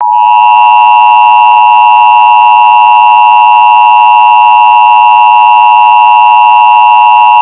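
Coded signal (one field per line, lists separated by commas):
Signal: Emergency Alert System (SAME) tones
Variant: 853 and 960 Hz attention tone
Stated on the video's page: Mock alert using valid NWR-SAME tones.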